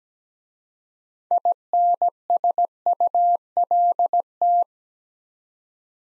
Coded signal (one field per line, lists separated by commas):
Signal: Morse code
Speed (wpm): 17 wpm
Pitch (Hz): 700 Hz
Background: none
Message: INSULT